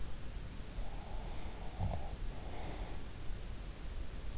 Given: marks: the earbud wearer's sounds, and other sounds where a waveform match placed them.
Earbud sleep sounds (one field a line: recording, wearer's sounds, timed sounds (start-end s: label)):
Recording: sounds in sleep by an in-ear microphone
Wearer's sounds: breath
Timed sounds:
1.15-4.11 s: breath